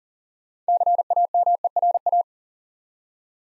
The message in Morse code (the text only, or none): CAMERA